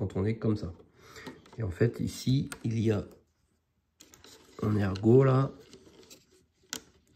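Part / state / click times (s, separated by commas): plastic dashboard piece into the lower console of a scale model car / seated / 6.7 s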